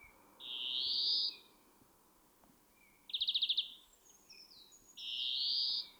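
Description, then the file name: European greenfinch giving two drawn-out nasal wheezes, each about a second long, separated by a short rapid buzzy trill, over a faint steady background hiss. "Chloris chloris"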